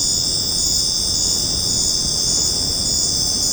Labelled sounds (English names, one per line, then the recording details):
none
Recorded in secondary vegetation near Puerto Asís, Putumayo, Colombia, on 13 March 2025 at 20:00
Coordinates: 0.481, -76.318
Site G097